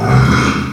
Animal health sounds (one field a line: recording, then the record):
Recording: squeal of a Yucatan mini pig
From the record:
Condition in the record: after surgery on the right vocal fold (resection and tissue-engineered implant)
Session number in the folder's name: 9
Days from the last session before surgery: 65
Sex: female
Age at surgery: 19 weeks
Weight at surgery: 25 kg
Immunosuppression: prednisolone